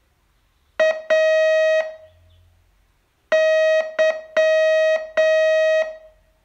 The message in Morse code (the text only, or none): A Y